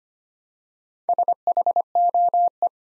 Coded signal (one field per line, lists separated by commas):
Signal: Morse code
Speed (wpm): 25 wpm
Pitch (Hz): 700 Hz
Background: none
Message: SHOE